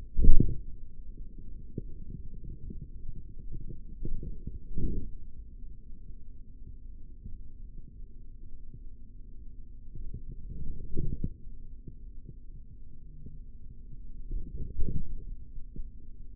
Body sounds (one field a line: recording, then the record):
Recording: forearm muscle sounds (acoustic myography)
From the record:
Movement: forearm supination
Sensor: system 3, bracelet of six PUI Audio POM-2738L microphones around the upper forearm, with dedicated amplification and filtering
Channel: 5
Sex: male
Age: 56 years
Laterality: right